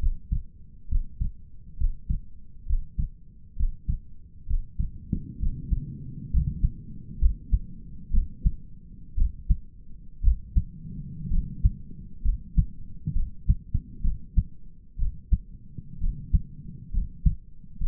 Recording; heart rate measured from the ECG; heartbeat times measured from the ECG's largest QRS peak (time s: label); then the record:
heart sounds by stethoscope; 64 bpm
0.00 s: heartbeat
0.89 s: heartbeat
1.78 s: heartbeat
2.67 s: heartbeat
3.57 s: heartbeat
4.47 s: heartbeat
5.40 s: heartbeat
6.32 s: heartbeat
7.21 s: heartbeat
8.13 s: heartbeat
9.17 s: heartbeat
10.24 s: heartbeat
11.31 s: heartbeat
12.24 s: heartbeat
13.15 s: heartbeat
14.04 s: heartbeat
14.99 s: heartbeat
16.01 s: heartbeat
16.94 s: heartbeat
17.81 s: heartbeat
From the record:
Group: healthy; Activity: breath hold 0-7 s, rest 7-18 s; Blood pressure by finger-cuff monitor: 109/65 mmHg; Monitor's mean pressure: 77 mmHg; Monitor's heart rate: 66 bpm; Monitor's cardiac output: 5.6 L/min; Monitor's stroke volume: 86 mL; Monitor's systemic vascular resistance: 950 dyn s/cm5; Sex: male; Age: 22 years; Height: 181 cm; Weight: 79 kg